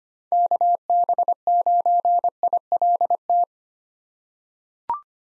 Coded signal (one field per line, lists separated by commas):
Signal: Morse code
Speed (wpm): 25 wpm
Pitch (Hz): 700 Hz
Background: none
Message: KB9ILT